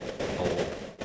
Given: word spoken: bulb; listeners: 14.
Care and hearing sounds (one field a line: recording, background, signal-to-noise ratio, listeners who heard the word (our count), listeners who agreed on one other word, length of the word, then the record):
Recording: one English word in noise, from a listening test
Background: noise modulated by three-talker babble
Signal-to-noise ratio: -3.8 dB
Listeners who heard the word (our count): 0 of 14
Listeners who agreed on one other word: 10 of 14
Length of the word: 0.65 s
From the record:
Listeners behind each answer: 10, 2, 1, 1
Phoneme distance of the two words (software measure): 27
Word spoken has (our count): 1 syllable, 4 phonemes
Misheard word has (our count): 1 syllable, 3 phonemes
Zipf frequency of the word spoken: 3.68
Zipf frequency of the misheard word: 5.79